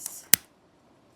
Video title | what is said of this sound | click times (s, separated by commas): Lamy 2000 Oblique Medium Nib - Rare OM Writing Sample & First Impressions | Very satisfying click. | 0.3 s